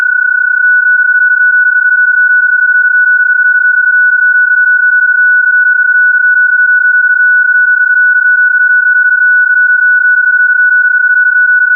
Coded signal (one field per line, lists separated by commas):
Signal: PSK31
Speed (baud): 31.25 baud